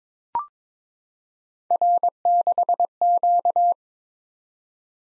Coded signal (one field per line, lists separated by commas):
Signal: Morse code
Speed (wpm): 22 wpm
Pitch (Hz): 700 Hz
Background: none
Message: R6Q